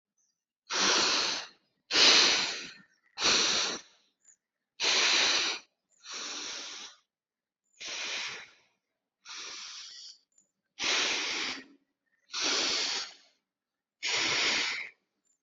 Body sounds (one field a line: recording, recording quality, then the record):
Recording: deep breathing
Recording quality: excellent, no background noise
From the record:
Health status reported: healthy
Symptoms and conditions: none ticked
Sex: male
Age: 23 years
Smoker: not ticked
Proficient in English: yes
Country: India